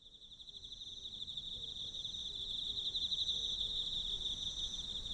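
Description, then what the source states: Emma field cricket song, a high, dense pulsing trill that grows louder over the first seconds, with a fainter higher trill and soft low tones beneath. Recorded with a ZOOM F6 recorder and Sennheiser MK microphone.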